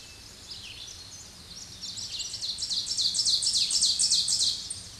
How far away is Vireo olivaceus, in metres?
about 30 m